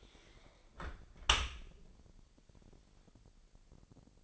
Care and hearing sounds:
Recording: daily activity, microphone in the room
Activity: close dishwasher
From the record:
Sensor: 5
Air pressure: 1000.7 hPa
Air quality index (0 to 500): 248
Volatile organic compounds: 34 ppm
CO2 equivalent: 3050 ppm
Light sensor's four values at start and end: 31/71/28/26 and 32/73/29/27

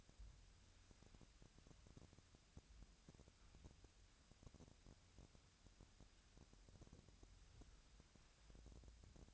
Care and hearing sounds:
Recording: daily activity, microphone in the room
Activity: wipe stove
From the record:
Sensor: 2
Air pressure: 1006.9 hPa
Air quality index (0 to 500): 199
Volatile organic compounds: 14 ppm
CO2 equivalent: 2441 ppm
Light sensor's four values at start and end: 9/23/9/10 and 9/23/9/10

